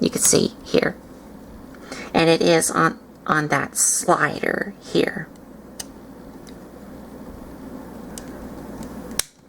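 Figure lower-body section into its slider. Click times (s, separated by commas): 9.2 s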